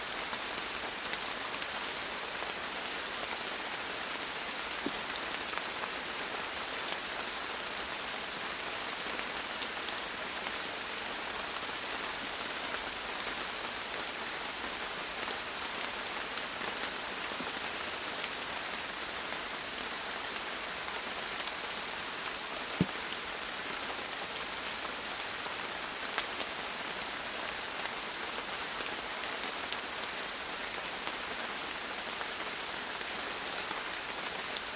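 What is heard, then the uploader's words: Steady rain falls at a quarry, a dense, even hiss of countless drops that never lets up across the whole recording. The sound sits mostly in the bright upper range with little low rumble, and a couple of sharper drop ticks stand out around five and twenty-three seconds. North Hill Quarry Rain. Malvern Hills UK - Binaural. Recorded by Mike Rucinski. 0615h.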